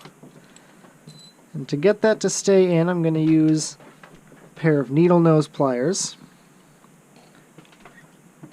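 A metal retaining clip for the groove of a lightsaber hilt component is handled before being squeezed shut with needle-nose pliers so it will fit the groove. Someone talks, and a few faint small ticks and handling sounds are heard around the speech. Nothing has seated or clicked yet.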